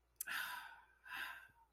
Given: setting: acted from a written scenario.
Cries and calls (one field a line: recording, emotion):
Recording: vocal sound without words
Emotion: embarrassment